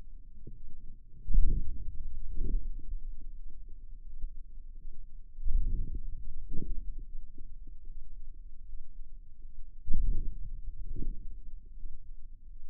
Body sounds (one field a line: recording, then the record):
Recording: forearm muscle sounds (acoustic myography)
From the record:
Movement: hand closing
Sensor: system 2, bracelet of six BSWA MPA416 microphones around the upper forearm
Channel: 4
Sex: female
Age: 23 years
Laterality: right